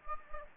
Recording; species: mosquito wingbeat signal from an infrared sensor; Anopheles gambiae